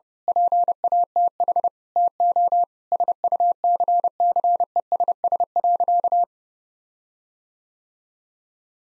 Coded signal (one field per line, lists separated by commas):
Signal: Morse code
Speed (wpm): 30 wpm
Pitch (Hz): 700 Hz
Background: none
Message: PATH TO SUCCESS.